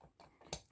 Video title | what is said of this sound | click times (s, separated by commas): Average Joe fix for Bowflex® Selecttech® 552/1090 Dumbbells. Ready for Primetime! | plate there you go you hear that you you can hear it pop down onto | 0.5 s